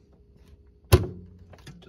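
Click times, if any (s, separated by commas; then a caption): 0.9 s. A plastic piece, probably a foot or stand, is pushed into the frame of a Lasko Cool Colors box fan. It clicks into place with a sharp snap at 0.9 s, and fainter small knocks follow. The piece is seated.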